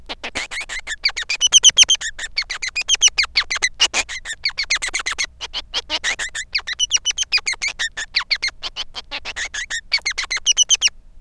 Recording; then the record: song of a male Bengalese finch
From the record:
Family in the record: son of father 3